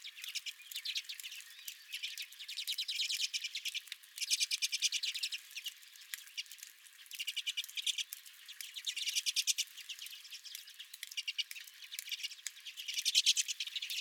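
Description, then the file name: Redpolls calling in buzzy, rattling trill runs that swell and fade every couple of seconds. Several redpolls at the recordist's own feeder. "Redpolls at My Feeder"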